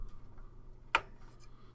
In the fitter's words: and now it clicked into place